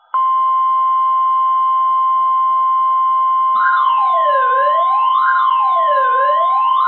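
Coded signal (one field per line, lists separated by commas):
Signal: Emergency Alert System (SAME) tones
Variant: 1050 Hz attention tone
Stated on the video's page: Flood warnings received on NOAA Weather Radio transmitters at 162.525, 162.475 and 162.450 MHz; the Mooresville transmitter carried a loud hum.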